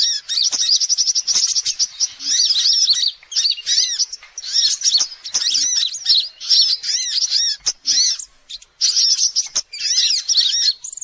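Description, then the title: Sogok ontong song opening with a fast high trill, then repeated looping notes in phrases broken by brief silences. Masteran song used for training birds. "Sogok Ontong Labaik"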